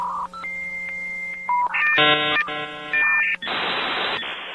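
A run of electronic telephone beeps at shifting pitches, broken by harsh buzzing tones, then giving way to a loud, steady burst of static hiss, before a voicemail message left on Lâm Mang's phone. No one speaks.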